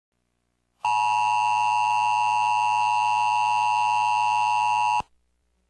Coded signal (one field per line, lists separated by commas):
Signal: Emergency Alert System (SAME) tones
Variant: 853 and 960 Hz attention tone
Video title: EAS Tornado Warning